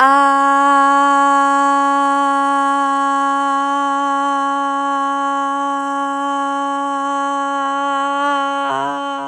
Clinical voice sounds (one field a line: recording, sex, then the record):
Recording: sustained vowel /a/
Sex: female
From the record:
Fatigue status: fatigue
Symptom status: symptomatic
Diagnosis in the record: COVID-19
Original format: m4a